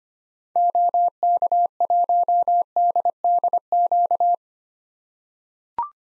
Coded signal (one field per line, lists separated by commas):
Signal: Morse code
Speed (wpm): 25 wpm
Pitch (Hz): 700 Hz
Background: none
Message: OK1DDQ